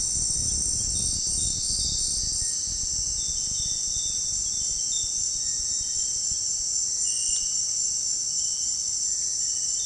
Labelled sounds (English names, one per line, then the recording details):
none
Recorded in pastures near Puerto Asís, Putumayo, Colombia, on 29 June 2025 at 18:00
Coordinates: 0.466, -76.322
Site GP07